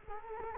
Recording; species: mosquito wingbeat signal from an infrared sensor; Culex quinquefasciatus